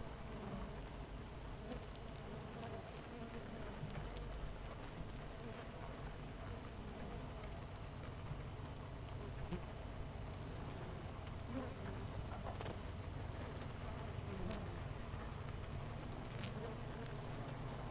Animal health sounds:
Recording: honeybee colony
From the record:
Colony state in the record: missing queen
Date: 14 July 2017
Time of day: 8:30

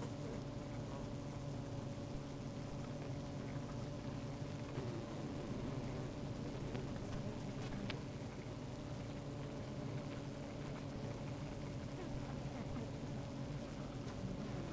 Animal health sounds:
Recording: honeybee colony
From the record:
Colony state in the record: active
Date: 28 July 2017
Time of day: 15:59

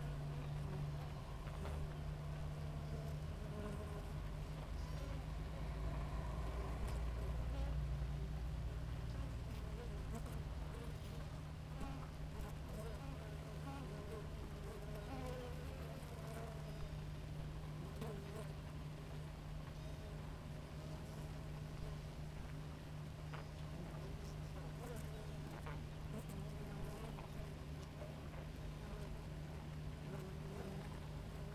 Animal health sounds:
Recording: honeybee colony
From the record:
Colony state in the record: active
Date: 28 July 2017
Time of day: 5:34

